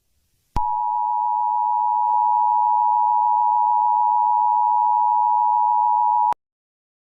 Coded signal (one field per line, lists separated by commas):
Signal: Emergency Alert System (SAME) tones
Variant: 853 and 960 Hz attention tone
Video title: EAS Scenario 1 | Garten of BanBan Chapter 1: The Wrecking Monsters